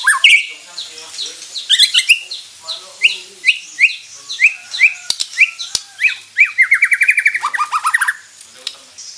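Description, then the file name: White-rumped shama giving a rapid series of sharp chirps, then a fast rattle of repeated notes near the end, with a few clicks between. Crowned variety from Borneo, harsh voice. "Suara kasar burung murai batu borneo mahkota"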